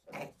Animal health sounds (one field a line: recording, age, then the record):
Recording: pig call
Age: piglet (1 to 25 days)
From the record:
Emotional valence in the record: negative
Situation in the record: restrain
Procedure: back test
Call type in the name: low-frequency call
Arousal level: maximum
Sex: female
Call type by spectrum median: low-frequency call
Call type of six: low-frequency stable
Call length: 0.41 s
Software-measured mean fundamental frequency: 50 Hz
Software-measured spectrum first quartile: 516 Hz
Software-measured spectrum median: 925 Hz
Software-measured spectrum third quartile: 2330 Hz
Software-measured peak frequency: 573 Hz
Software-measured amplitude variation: 192 dB a second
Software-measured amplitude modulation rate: 11.1 a second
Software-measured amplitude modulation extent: 17.3 dB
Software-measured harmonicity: -0.7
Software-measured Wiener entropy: -1.65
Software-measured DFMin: 1149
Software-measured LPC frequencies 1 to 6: 642, 2265, 4064, 5738, 6508, 7451 Hz